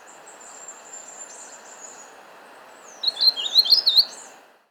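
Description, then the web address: Brown-capped vireo giving a quick warbled phrase of bright, tumbling notes near the end, after a thin high whistle at the start, over a steady background hiss. Andean bird of South America. "S America Andean Birds. Brown-Capped Vireo (Vireo Leucophrys)"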